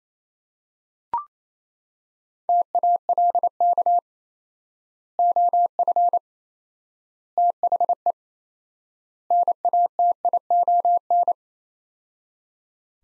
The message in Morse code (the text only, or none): TALK OF THE NATION